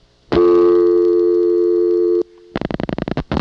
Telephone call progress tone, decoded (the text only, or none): dial tone